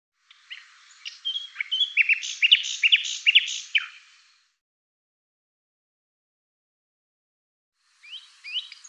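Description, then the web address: Bird song: a dense, jumbled warble of high chirps and whistles lasting about three seconds, then silence and a couple of faint chirps. "cianscape birddata Deverinetal 2025"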